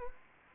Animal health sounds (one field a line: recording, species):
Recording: mosquito wingbeat signal from an infrared sensor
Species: Anopheles gambiae